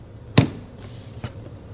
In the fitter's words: there's a click to it